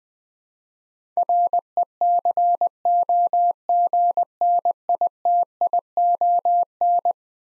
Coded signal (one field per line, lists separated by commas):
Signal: Morse code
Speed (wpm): 20 wpm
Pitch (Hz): 700 Hz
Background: none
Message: RECOGNITION